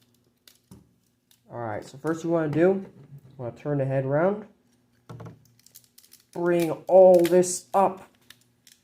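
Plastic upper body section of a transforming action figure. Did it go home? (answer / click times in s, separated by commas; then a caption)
yes / 8.3 s. Someone talks while turning the head of a custom-painted Transformers TLK Voyager Megatron action figure around and bringing its plastic upper body section up into position. A sharp plastic snap is heard at 8.3 s as the chest section locks into place.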